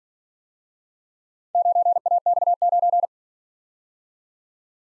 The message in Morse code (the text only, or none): 9AX9